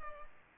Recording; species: mosquito wingbeat signal from an infrared sensor; Culex pipiens